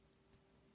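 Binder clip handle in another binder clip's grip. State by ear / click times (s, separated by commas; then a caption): seated / 0.3 s. A binder clip's wire handle, held in another binder clip's grip, is pushed in a little further and then slowly pulled out. A single faint, sharp click sounds at 0.3 s over a quiet steady background as the handle seats into its catch and stays held.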